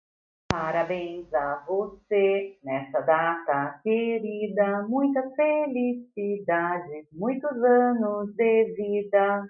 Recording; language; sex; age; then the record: short text; Brazilian Portuguese; female; 50 to 59 years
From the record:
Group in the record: control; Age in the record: 53 years